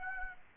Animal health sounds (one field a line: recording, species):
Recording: mosquito wingbeat signal from an infrared sensor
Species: Aedes aegypti